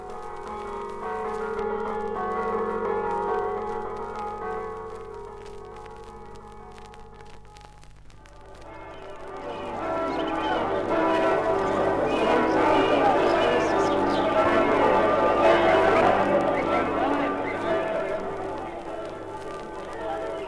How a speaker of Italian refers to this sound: Della prima domenica dopo il Ferragosto a Sacile. Nel biancore antelucano, le voci delle campane di San Nicolò salutano il giorno festivo confuse al preludio canoro della tradizionale sagra dei Josei.